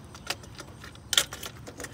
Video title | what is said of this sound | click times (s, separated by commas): 97 Toyota Land Cruiser AC recharge | it back and it will snap right in so | 1.1 s, 1.2 s